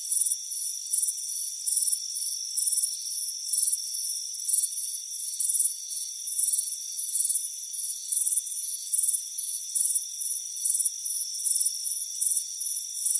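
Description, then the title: Crickets: dense high chirping, fast irregular pulses overlapping a continuous thin, piercing drone. Crickets chirping on a warm afternoon on a front porch. "Soothing Crickets Chirping Sound"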